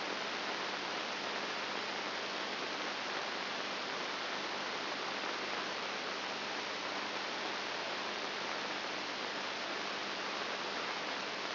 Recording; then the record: brain microelectrode recording played as sound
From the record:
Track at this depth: inside the subthalamic nucleus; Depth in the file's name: 4.301 mm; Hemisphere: right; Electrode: 2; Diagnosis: Parkinson's disease